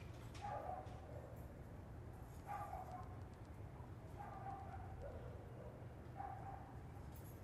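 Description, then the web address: Dog barks, four short faint barks roughly two seconds apart, set against a continuous low traffic drone. Distant dogs in an urban residential area, with distant traffic in the background. "Lynne Music Urban-Residential-Dogs-Distant-Traffic-Long"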